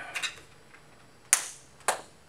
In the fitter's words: did you hear that snap it's on there now